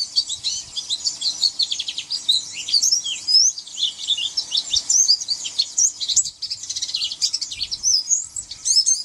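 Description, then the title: White-eye song, a dense run of high twittering notes, nearly continuous with brief pauses, faint low thumps beneath. "Pleci"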